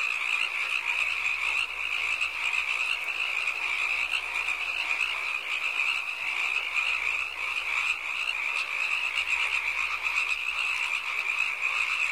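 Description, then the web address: Frogs calling in a dense, continuous chorus of rasping croaks, steady throughout with no pauses. "animali rane rana frog"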